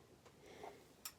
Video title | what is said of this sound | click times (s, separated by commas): How to wind the bobbin on your sewing machine. | hear a little click and you can feel the tension on it okay so it goes right there and then | 1.1 s